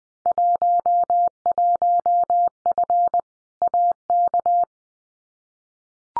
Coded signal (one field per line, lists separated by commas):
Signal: Morse code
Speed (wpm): 19 wpm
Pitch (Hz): 700 Hz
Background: none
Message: 11F AK